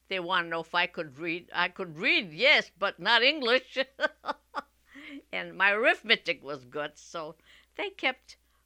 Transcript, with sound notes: they want to know if I could read. I could read, yes, but no English. ( she laughs ) And my arithmetic was good, so, and they kept